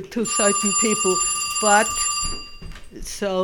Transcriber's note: a telephone rings